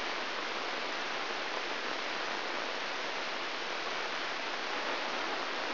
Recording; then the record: brain microelectrode recording played as sound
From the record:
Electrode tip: inside the subthalamic nucleus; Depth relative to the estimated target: 0.6 mm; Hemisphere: right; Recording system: AlphaMap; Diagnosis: Parkinson's disease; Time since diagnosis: 23 years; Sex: male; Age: 63 years